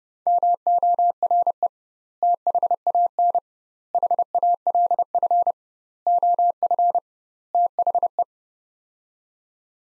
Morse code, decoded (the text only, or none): MORE THAN HALF OF THE